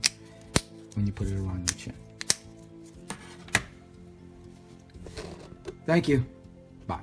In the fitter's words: and you put them through the little holes here and it locks it into place